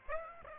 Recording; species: mosquito wingbeat signal from an infrared sensor; Aedes aegypti